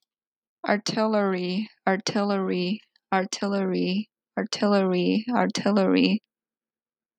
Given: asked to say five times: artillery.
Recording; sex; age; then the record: repeated word; female; 20 to 29 years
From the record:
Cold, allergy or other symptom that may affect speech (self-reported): no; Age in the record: 24 years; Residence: Colorado, United States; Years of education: 16